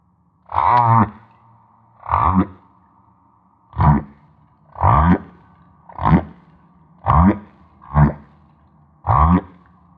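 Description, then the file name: Humpback whale song: several low, gravelly grunting pulses in a regular series. At Maui. "Humpback Whale - Maui Whale One"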